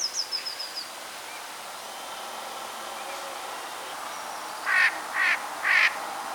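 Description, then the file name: Eurasian jay giving three harsh, grating screeches in quick succession near the end, after a brief run of thin, high descending notes from another bird. "Garrulus glandarius"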